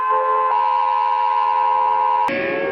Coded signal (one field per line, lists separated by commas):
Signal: Emergency Alert System (SAME) tones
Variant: 853 and 960 Hz attention tone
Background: music